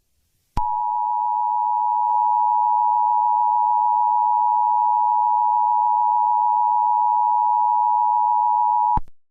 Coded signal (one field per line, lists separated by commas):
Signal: Emergency Alert System (SAME) tones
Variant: 853 and 960 Hz attention tone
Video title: VeggieTales.EXE | An EAS Scenario